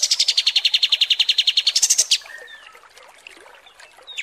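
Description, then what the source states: Kapas tembak song: a fast, even trill of repeated high notes for about two seconds, ending on a brief higher flourish, followed by faint background chirps. Masteran song used for training birds; 'mewah' (luxurious) kapas tembak.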